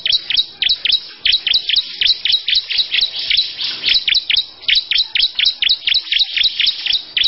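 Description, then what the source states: Lovebird song made of sharp, clipped high chips repeated quickly in even runs. Long "ngekek panjang" song.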